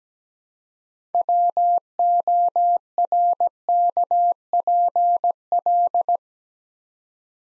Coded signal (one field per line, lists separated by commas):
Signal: Morse code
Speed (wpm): 17 wpm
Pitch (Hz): 700 Hz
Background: none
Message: WORKPL